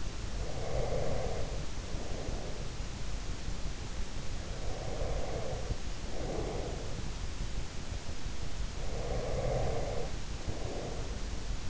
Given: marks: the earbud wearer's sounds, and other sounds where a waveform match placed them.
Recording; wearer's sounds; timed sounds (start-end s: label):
sounds in sleep by an in-ear microphone; breath
0.00-2.86 s: breath
4.51-7.46 s: breath
8.58-11.70 s: breath